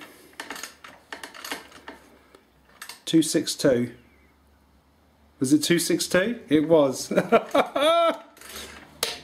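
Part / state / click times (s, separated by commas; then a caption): metal valve-train part seating back into the motorcycle engine cylinder head as the engine is rotated / seated / 9.0 s. During a motorcycle valve clearance adjustment, a metal valve-train part that was pushed back in seats into the cylinder head as the engine is turned over. Light metallic taps sound near the start while someone talks. A sharp metallic click at 9.0 s confirms the part has clicked back into place.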